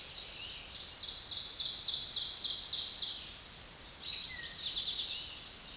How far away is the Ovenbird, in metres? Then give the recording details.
about 15 m. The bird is about level with the microphone. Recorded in a Pennsylvania forest on 16 May 2024 at 06:07. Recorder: AudioMoth, point MSD-2058. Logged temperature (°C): 11.8 °C. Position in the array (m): 65 m, 11 m